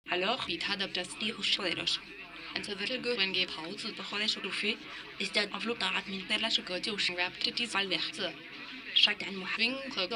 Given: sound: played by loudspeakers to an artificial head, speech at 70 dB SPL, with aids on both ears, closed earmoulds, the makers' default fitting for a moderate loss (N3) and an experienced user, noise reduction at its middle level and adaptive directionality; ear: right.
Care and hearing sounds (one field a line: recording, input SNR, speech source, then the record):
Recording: speech test signal (ISTS) in cocktail-party noise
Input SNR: +9 dB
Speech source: on the right (90 degrees)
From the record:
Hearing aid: class 2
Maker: D